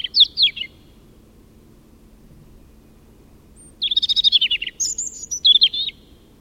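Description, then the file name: European robin song: a short high warbled phrase, a pause of about three seconds, then a longer tumbling phrase of thin trills and slurred whistles. "Erithacus rubecula"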